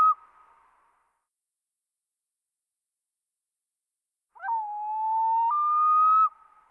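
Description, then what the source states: Common loon wail, a drawn-out mournful tone that holds low, then steps up and sustains before cutting off, after a brief fading note at the start. Single call.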